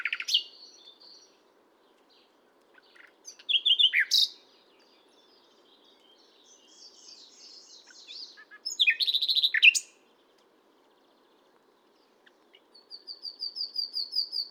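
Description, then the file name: Common nightingale singing scattered phrases of trills and rich notes between pauses, ending with a sustained high whistled series; faint background hum. "Luscinia megarhynchos"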